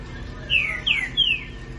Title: Canto De Trinca Ferro Voz 09. Trinca ferro Rex v.s trinca ferro supremo